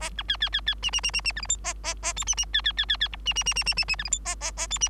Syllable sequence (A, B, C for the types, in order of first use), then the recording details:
A B C C C C D D D D D E F G A A A H D D C C C C C I D D D D D D D E F G A A A H D. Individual Bird3